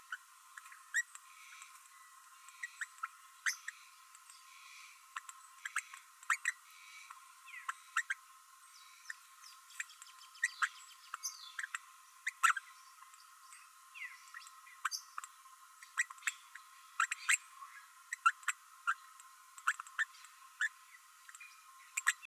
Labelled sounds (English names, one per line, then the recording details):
Green-rumped Parrotlet babbling
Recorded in a nest box in Venezuela
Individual 18B12A3